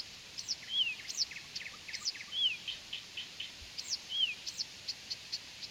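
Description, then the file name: Blyth's reed warbler song: a varied run of high chirps and upward-flicked notes broken by slurred, descending whistles, against a steady faint background hiss. "viitakerttunen"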